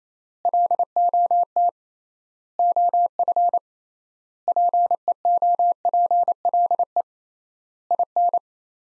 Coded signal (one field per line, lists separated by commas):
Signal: Morse code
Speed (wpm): 28 wpm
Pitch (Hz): 700 Hz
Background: none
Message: LOT OF PEOPLE IN